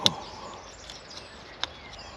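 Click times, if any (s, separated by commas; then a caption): none. A quick-release camera mount is refitted into its holder on the handlebar area of a Honda GoldWing GL 1800 motorcycle. Two sharp taps are heard at about 0.1 s and 1.6 s, with a fainter one near 0.9 s, against faint outdoor background with bird chirps. Nothing has seated or clicked yet; the mount does not snap into place.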